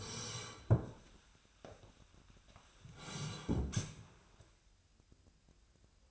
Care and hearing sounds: daily activity, microphone in the room; sit down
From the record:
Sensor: 2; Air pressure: 1015.1 hPa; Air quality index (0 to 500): 166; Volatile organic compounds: 9 ppm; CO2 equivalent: 2154 ppm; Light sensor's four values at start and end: 9/24/10/11 and 12/31/12/14

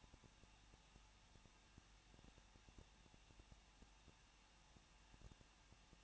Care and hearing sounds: daily activity, microphone in the room; no activity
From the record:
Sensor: 1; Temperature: 20.1 degrees Celsius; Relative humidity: 39.0%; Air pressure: 1006.6 hPa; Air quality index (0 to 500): 216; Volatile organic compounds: 71 ppm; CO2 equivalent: 3531 ppm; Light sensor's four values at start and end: 1/2/1/1 and 1/2/1/1

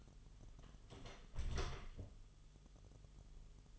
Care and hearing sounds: daily activity, microphone in the room; close door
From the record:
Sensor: 4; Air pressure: 1005.8 hPa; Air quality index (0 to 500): 81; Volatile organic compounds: 2 ppm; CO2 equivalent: 998 ppm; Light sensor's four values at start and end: 13/29/11/11 and 13/30/12/11

